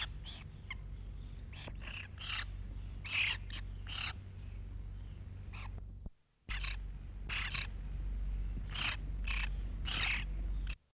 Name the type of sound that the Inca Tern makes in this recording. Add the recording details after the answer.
call. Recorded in captivity. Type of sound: call. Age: immature. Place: Vogelpark Walsrode, Niedersachsen, DE. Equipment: Halbspur, 9,5 cm/s. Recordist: Lütgens, Hans. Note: Junge nach dem Schlüpfen